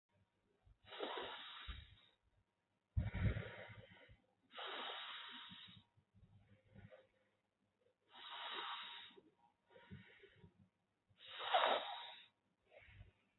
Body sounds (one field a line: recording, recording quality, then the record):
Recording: deep breathing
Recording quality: excellent, no background noise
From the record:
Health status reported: healthy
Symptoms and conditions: none ticked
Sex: male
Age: 30 years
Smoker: not ticked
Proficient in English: yes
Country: India